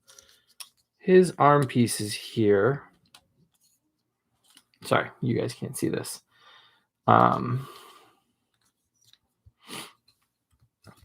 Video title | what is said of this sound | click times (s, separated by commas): Toy of the Day #54- Transformers Studio Series 86 Deluxes (Jazz, Blurr, Kup) | His arm pieces, they also don't really lock into place. | none